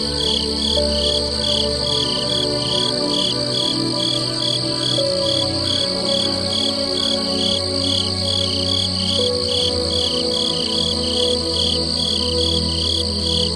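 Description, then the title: Cricket chirping in steady pulsed bursts, high and buzzy, over continuous soft meditation music with sustained low tones. Ambient nature sounds. "Peaceful Crickets"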